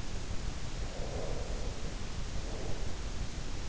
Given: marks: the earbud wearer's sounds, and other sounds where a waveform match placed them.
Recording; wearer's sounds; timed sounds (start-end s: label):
sounds in sleep by an in-ear microphone; breath
0.81-3.07 s: breath